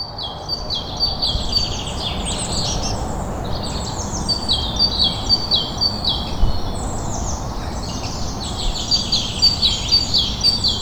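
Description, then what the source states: Birdsong: several birds sing overlapping bright chirps and warbled phrases, dense and continuous, over a steady low rumble of background noise. Recorded on Cadbury Hill.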